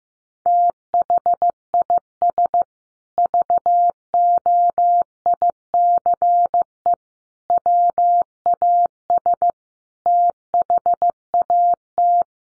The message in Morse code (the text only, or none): THIS VOICE WAS THAT